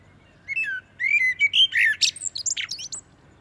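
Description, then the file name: Common blackbird singing a mellow warbled phrase of sliding whistles, followed by a run of thin, high scratchy twitters. "Turdus merula"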